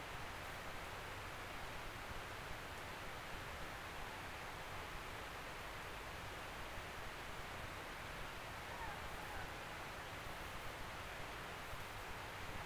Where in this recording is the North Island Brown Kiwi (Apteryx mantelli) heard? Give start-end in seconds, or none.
none